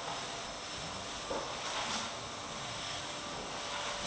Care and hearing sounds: daily activity, microphone in the room; vacuum cleaning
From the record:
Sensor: 3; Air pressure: 988.7 hPa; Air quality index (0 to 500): 201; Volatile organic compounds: 372 ppm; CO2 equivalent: 4624 ppm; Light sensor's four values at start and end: 22/70/29/25 and 22/70/29/25

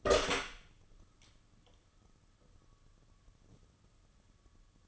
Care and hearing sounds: daily activity, microphone in the room; open door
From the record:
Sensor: 4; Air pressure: 995.1 hPa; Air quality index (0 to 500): 186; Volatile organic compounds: 103 ppm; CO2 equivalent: 3772 ppm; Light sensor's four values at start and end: 5/12/4/5 and 18/48/18/21

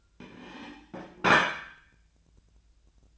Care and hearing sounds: daily activity, microphone in the room; place plate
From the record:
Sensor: 2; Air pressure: 1009.2 hPa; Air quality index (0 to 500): 186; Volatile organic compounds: 11 ppm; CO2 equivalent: 2319 ppm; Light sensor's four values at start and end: 23/56/24/26 and 23/56/24/26

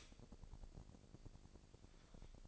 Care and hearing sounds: daily activity, microphone in the room; stop toaster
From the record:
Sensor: 5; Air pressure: 1007.3 hPa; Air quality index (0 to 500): 123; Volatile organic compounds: 1 ppm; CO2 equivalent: 935 ppm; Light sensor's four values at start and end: 26/60/24/25 and 26/60/25/25

